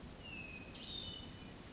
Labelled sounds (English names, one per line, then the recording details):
Hermit Thrush
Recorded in Sonoma County, California